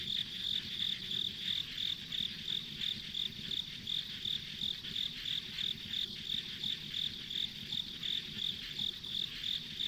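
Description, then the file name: Insects: rapid, even high-pitched chirps pulsing about three times each second over a dense background hum. Ambient insect sounds recorded on a country road. "田舎道の虫の環境音"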